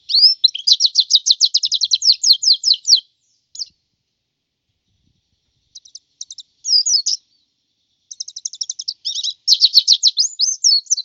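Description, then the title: White-eye singing bursts of quick, high trilled notes, with a long opening phrase, a gap, then scattered twitters and another rapid high trill. "Suara burung pleci"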